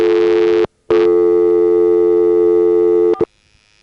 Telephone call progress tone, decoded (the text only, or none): dial tone